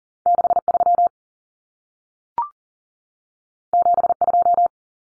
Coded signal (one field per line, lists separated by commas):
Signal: Morse code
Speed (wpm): 40 wpm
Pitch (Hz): 700 Hz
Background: none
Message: 63 72